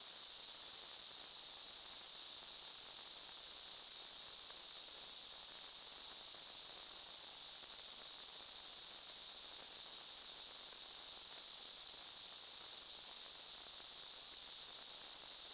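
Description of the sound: A steady, unbroken high-pitched hiss holds at one level for the full 16 seconds, with no rhythm, pauses or low sounds. It is a simulation of tinnitus, the constant ringing or hissing a person perceives without any outside sound.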